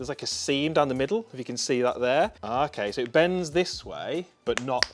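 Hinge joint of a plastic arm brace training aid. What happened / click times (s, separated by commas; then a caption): The plastic part is being handled and has not clicked into place / none. Someone talks while handling a plastic golf arm-straightening brace, a training aid with a hinge joint at its centre seam, bending it one way but not the other. No hinge click is heard yet, and nothing has seated or clicked into its stop.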